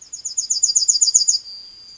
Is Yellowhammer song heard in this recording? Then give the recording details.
yes. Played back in forest. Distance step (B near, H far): B. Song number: 161